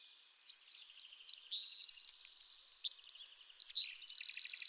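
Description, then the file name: Eurasian wren song: a fast, high-pitched run of sharp trills and warbling notes, with rapid repeated looping phrases and ending in a dry buzzy rattle. "Troglodytes troglodytes"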